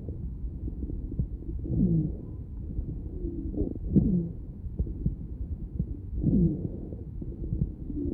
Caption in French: Il existe un roncus en début d'inspiration, associé parfois à un sibilant de fin d'expiration. Été réalisé chez un patient asthmatique.